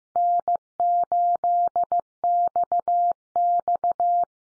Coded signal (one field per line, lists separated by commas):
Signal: Morse code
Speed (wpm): 15 wpm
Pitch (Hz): 700 Hz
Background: none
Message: N8XX